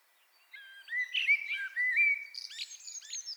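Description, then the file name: Common blackbird song phrase: fluted warbling notes sliding up and down, followed by a burst of thin high squeaks at the end. "Turdus merula"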